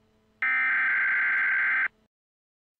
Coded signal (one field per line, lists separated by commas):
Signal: Emergency Alert System (SAME) tones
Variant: header bursts